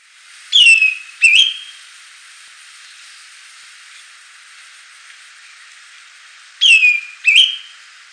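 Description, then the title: Greenish schiffornis giving two paired whistles about six seconds apart, each a falling slurred note followed by a shorter rising one, with steady light hiss behind. "LuckyPassaro Completos2Sama. Greenish Schiffornis"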